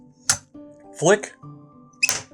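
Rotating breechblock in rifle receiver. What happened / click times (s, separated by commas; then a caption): The steel block snapped open into its detent / 0.3 s. The steel rotating "tabernacle" breechblock in the receiver of a Werndl rifle is flicked open, giving a sharp, very positive click at 0.3 s as it snaps into position, held by a spring-loaded, flat-sided dowel detent. Someone talks around 1.1 s, and another sharp sound comes at 2.1 s. The breechblock is released and held open by the detent.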